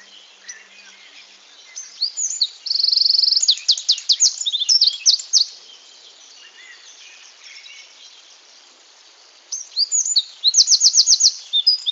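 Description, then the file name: Eurasian wren song, a shrill rapid torrent of high notes with a buzzy trill, a quiet gap of several seconds, then another fast burst ending in a dense trill. "Troglodytes troglodytes"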